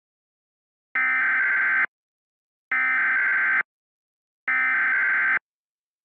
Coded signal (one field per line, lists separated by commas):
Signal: Emergency Alert System (SAME) tones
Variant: header bursts